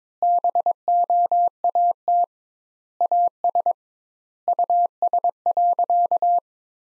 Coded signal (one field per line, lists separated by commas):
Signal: Morse code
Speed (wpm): 22 wpm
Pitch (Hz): 700 Hz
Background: none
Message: BOAT AS US.